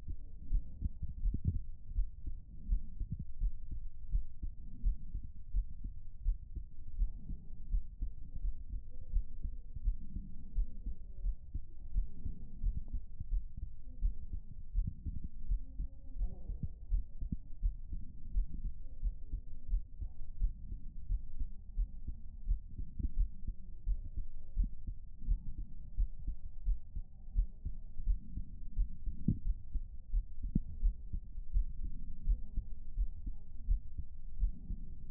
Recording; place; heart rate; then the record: heart sounds by stethoscope; pulmonary valve (PV); 85 bpm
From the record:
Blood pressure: 141/83 mmHg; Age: 57 years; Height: 155 cm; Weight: 58 kg